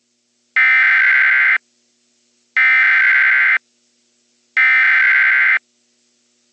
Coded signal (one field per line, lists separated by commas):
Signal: Emergency Alert System (SAME) tones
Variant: header bursts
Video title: The Spring Storm (EAS Scenario)